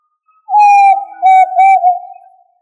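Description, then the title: Tinamou whistle, a single long low tone held for about two seconds, wavering slightly and sagging gently at the end, with a fainter upper overtone. Tinamou family, also labelled as quail. "Familia Tinamidae - Quail - Puyuh"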